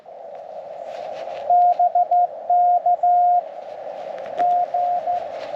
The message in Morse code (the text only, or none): BK G